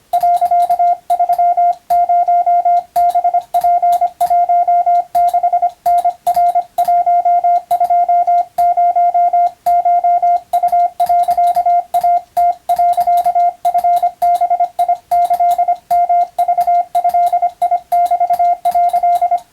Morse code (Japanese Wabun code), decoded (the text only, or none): 、30ハツ16タナ120コウ、イム、チバキヨクドメ」